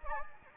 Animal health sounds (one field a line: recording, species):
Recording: mosquito wingbeat signal from an infrared sensor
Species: Anopheles gambiae